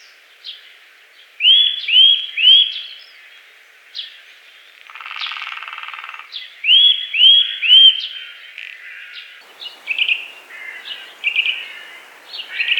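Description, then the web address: Eurasian nuthatch calls: two series of three ringing whistles about five seconds apart, then scattered chirps. "soud popolzen"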